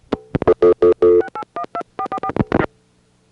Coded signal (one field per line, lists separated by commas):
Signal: DTMF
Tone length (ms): 70 ms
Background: music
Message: 6812444